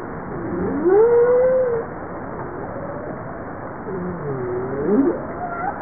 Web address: bowhead